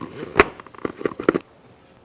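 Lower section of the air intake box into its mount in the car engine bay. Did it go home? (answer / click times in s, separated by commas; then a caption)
yes / 0.4 s, 1.3 s. The lower plastic section of a car's engine air intake box is pressed back into its mount in the engine bay. Sharp plastic snaps ring out at 0.4 s and 1.3 s, with softer knocks and taps around them, then the sound falls quiet. The section is seated in place.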